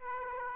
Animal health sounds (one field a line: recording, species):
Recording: mosquito wingbeat signal from an infrared sensor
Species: Aedes aegypti